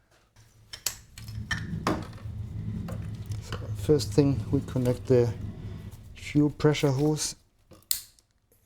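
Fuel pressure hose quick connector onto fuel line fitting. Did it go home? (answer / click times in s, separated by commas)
yes / 7.9 s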